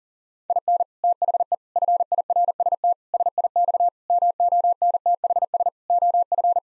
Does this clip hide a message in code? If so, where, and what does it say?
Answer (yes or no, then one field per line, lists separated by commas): yes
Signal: Morse code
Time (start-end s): 0.5-6.6 s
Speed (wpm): 37 wpm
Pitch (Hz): 700 Hz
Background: none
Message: IN THE FIRST SIX MONTHS OF